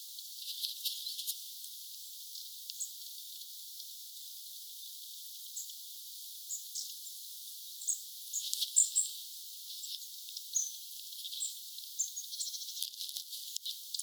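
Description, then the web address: Long-tailed tit calls: scattered thin high notes and short buzzy bursts, spaced irregularly throughout over a steady hiss. Recorded 29 August 2025; a short bit of calling. "29 8 2025 vahan pyrstotiaisten aantelya"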